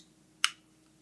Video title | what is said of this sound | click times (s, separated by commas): Take Your Pick Tool; In's & Out's and the new Crafter Tips: Teach M.E. Tuesday August 8, 2021 | and locks in place | 0.4 s